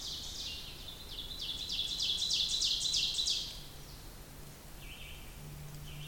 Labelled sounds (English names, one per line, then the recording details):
Ovenbird song
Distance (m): 45 m
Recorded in boreal forest in Alberta, Canada, on 2 June 2016 at 07:25
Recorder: SongMeter 3, array SBT-3-7
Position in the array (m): 80 m, 111 m
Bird 5